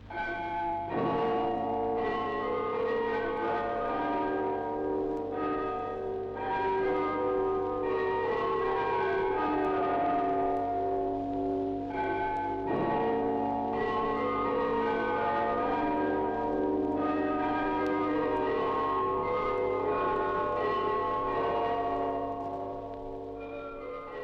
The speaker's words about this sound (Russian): Запись, которую вы сейчас услышите, уникальная. Москва, 1926 год. Звучат куранты Спасской башни.